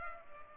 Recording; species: mosquito wingbeat signal from an infrared sensor; Culex pipiens